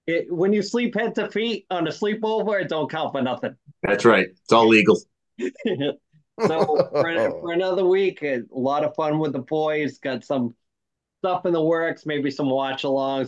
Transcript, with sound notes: When you sleep head to feet on a sleepover, it don't count for nothing.
That's right. It's all legal. (laughing)
So for another week, a lot of fun with the boys. Got some stuff in the works, maybe some watch along.